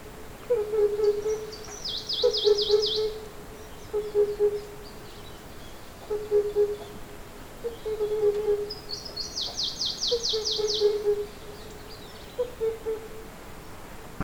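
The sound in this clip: Himalayan cuckoo calling low, hollow hoop notes in short groups, repeated about every two seconds, while high buzzy trills sound twice.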